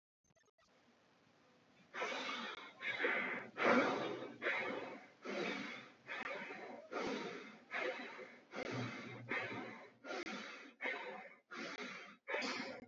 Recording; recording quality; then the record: shallow breathing; moderate, slight background noise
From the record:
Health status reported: respiratory illness, not identified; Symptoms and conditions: asthma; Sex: male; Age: 21 years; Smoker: not ticked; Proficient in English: yes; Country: India